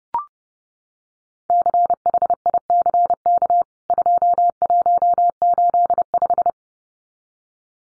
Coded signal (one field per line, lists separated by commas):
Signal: Morse code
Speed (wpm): 30 wpm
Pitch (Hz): 700 Hz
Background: none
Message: CHICK 2185